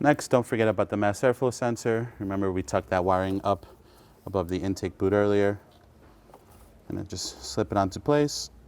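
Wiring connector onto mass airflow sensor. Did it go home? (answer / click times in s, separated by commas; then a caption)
no / none. On a 2001–2006 BMW E46 M3 with the S54 engine, the mass airflow sensor wiring plug, previously tucked up above the intake boot, is being slipped onto the sensor while someone talks. The clip ends before the plug is pushed home, so nothing has seated or clicked yet.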